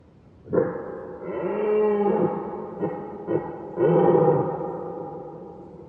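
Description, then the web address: Red deer roar: a deep groaning bellow that starts abruptly and holds steady, a couple of short grunts, then another loud roar that tails off. Red deer roaring, heard from far distance; mid-side stereo. "Sonniss com - GDC 2018-Game Audio Bundle Ivo Vicic - Red Deer and Roe Deer - Roaring, barking and other sounds Red Deer far distance MS"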